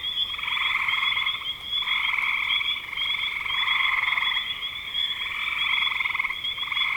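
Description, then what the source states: Dense chorus of frogs giving rough pulsed trills in repeated bursts, with a steady high whine throughout. Recorded in spring 2025.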